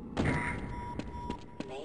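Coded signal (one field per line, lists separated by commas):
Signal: none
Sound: a game's warning beeps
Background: speech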